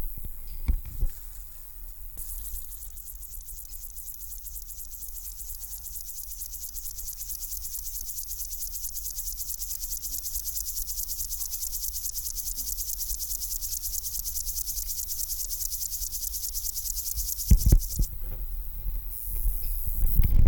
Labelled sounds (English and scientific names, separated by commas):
Upland Field Grasshopper (Chorthippus apricarius) stridulation